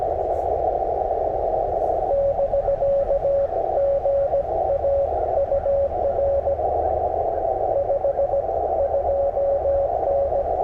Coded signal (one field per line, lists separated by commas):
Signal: Morse code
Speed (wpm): 20 wpm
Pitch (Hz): 560 Hz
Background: radio noise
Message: <BK> GA UR 52N